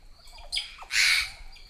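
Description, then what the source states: Magpie-jay squawks: a short harsh note followed by a louder, broad rasping squawk near the end, over faint background noise. Magpie-jay flocks are led by females.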